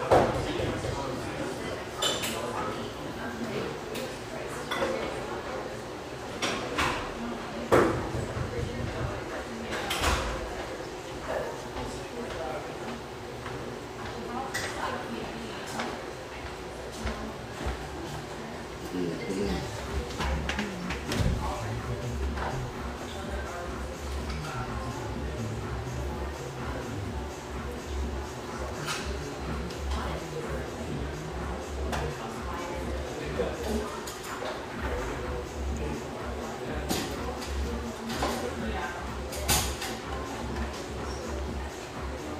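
A busy café hums with a steady murmur of overlapping voices that never lets up. Sharp knocks and clatters, like doors, drawers or dishes, break through every few seconds, over a constant low rumble underneath.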